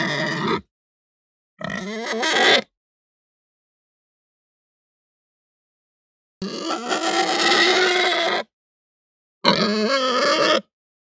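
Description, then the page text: Pig squealing harshly in four separate noisy bursts of up to about two seconds each, with silent gaps between them. Hampshire breed; short, aggressive squeal. "Hampshire Pig Squeal Short Aggressive. Quick Sounds"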